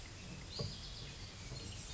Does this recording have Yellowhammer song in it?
no